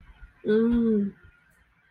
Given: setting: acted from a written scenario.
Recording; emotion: vocal sound without words; desire